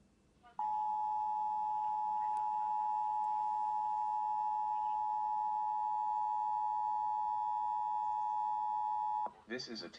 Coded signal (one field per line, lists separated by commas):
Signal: Emergency Alert System (SAME) tones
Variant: 853 and 960 Hz attention tone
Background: speech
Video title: Island Co. DEM Required Monthly Test EAS (8-3-2020)